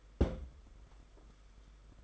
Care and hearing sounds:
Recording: daily activity, microphone in the room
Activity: place on stove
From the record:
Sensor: 5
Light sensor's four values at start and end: 33/104/40/42 and 32/103/39/42

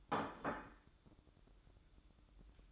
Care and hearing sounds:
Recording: daily activity, microphone in the room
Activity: place plate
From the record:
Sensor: 3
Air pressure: 1007.5 hPa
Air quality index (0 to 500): 58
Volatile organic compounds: 1 ppm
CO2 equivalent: 604 ppm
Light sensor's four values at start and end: 10/24/9/10 and 10/24/9/10

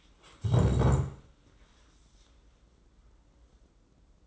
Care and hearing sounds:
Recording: daily activity, microphone in the room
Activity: stand up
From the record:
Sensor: 3

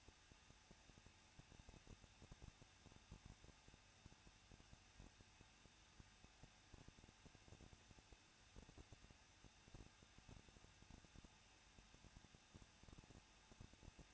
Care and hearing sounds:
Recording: daily activity, microphone in the room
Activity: no activity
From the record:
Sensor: 2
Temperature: 21.0 degrees Celsius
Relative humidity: 37.4%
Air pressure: 1006.2 hPa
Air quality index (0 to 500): 222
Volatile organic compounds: 24 ppm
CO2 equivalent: 2809 ppm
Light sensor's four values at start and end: 2/3/2/2 and 2/3/2/2

